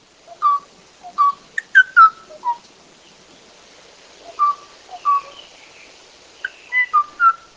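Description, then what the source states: Kauai O'o song: clear, liquid whistled notes in short phrases, a cluster early on, a pause of silence, then more whistles. Male, last known of its kind, calling and waiting for a female that never answered; recorded in Hawaii in the 1970s; species vanished mid-1980s.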